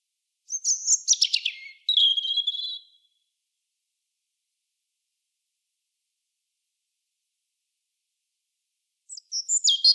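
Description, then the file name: European robin song: a high, tumbling phrase of thin whistles and quick trills lasting about two and a half seconds, then a long silence before a second sparkling phrase begins. "Erithacus rubecula"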